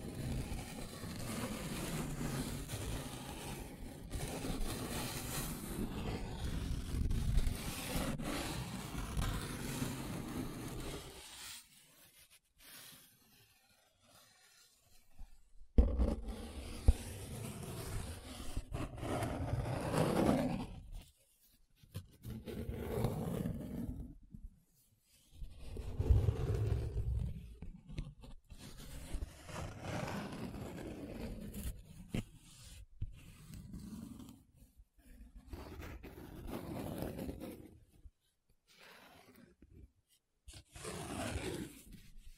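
Paper being rubbed, scratched and traced, with a dense, continuous rasping for the first eleven seconds. After that the sound breaks into separate strokes and scrapes of varying length, split by short silences, with a few sharp ticks around 16 and 32 seconds.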